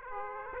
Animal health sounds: mosquito wingbeat signal from an infrared sensor; Aedes aegypti

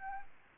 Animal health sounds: mosquito wingbeat signal from an infrared sensor; Anopheles arabiensis

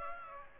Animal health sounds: mosquito wingbeat signal from an infrared sensor; Aedes aegypti

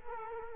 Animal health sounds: mosquito wingbeat signal from an infrared sensor; Culex quinquefasciatus

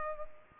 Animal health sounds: mosquito wingbeat signal from an infrared sensor; Culex pipiens

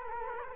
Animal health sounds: mosquito wingbeat signal from an infrared sensor; Culex quinquefasciatus

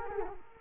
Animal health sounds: mosquito wingbeat signal from an infrared sensor; Culex quinquefasciatus

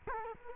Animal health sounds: mosquito wingbeat signal from an infrared sensor; Culex quinquefasciatus

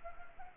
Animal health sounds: mosquito wingbeat signal from an infrared sensor; Anopheles gambiae

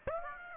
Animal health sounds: mosquito wingbeat signal from an infrared sensor; Aedes aegypti

